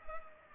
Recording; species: mosquito wingbeat signal from an infrared sensor; Culex pipiens